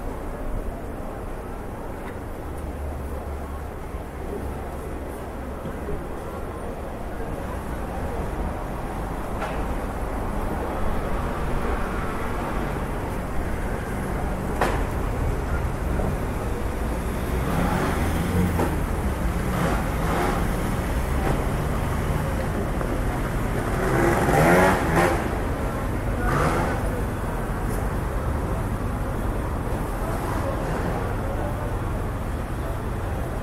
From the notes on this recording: sounds of traffic, birds, and the occasional person talking